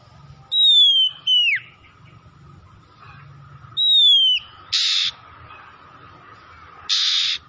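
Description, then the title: Oriental magpie-robin song: three loud whistled notes sliding downward, then two short harsh bursts, over a steady background hum. Tretes; singing vigorously, described as gacor. "Kacer Tretes Gacor"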